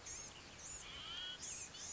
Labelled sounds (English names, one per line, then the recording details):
Blue-gray Gnatcatcher
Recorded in Sonoma County, California